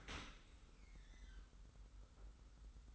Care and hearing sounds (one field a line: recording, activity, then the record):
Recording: daily activity, microphone in the room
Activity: open dishwasher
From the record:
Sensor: 3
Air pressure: 991.3 hPa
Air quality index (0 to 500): 137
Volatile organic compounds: 248 ppm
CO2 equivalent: 4356 ppm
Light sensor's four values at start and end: 53/143/59/52 and 53/143/59/52